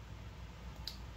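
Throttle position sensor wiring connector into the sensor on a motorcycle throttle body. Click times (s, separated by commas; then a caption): 0.9 s. The throttle position sensor wiring connector is pushed back onto the sensor on the throttle body of a Honda Grom motorcycle. Over a steady low background hum, a single sharp, short click sounds at 0.9 s. The connector is seated.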